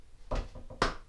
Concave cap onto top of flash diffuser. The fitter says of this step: you hear it snap on but when you're working quite often if I usually